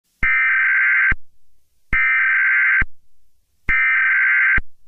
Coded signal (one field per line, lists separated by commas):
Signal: Emergency Alert System (SAME) tones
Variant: header bursts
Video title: Serbia EAS alarm 2019